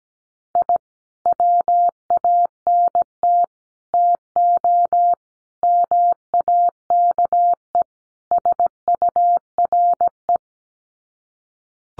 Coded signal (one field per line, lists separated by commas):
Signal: Morse code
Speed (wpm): 17 wpm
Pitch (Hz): 700 Hz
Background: none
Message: I WANT TO MAKE SURE